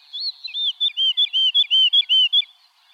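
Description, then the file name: Woodlark song fragment: a short series of several mellow, looping whistled notes delivered evenly. "Alouette lulu"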